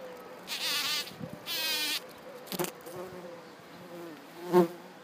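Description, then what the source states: Bumblebee buzzing in several bursts, a steady hum with rising and falling pitch, interrupted by short gaps. Buzzing on flowers.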